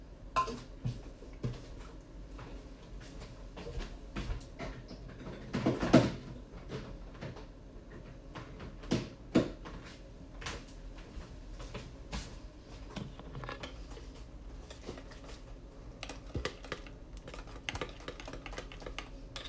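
Making banana bread: a steady run of small clicks, taps and clatters from utensils and dishes, scattered irregularly throughout. The loudest knocks land near six seconds and again around nine, over a faint low hum that continues underneath.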